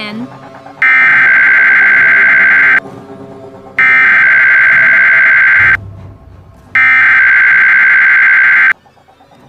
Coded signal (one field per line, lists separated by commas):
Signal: Emergency Alert System (SAME) tones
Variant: header bursts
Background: speech